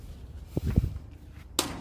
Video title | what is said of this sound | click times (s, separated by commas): Centurion D10 Programming and limit settings | then you hear that clicking sound, which shows that the machine has engaged to | 1.6 s